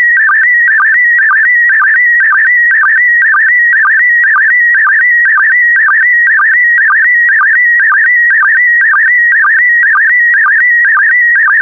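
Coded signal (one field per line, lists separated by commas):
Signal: SSTV (slow-scan television)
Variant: PD120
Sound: continuous warbling whistle around 2 kHz with regular quick low chirps, steady rhythm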